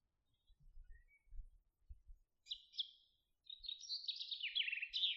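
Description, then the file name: Common chaffinch song: a couple of sharp high notes, then a rattling trill descending to a terminal flourish, with low thumping noises earlier. "Fringilla coelebs"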